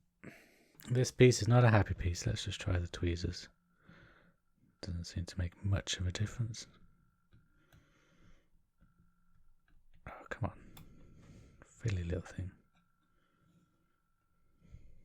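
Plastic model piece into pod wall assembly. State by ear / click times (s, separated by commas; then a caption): not seated / none. A tight plastic model piece for the pod wall assembly of a DeAgostini Build Your Own Thunderbird 2 is worked at by hand, with tweezers tried along the way. Someone talks in bursts, and small sharp handling taps are heard around 10.1–10.5 s and near 11.9 s. Nothing has seated or clicked yet.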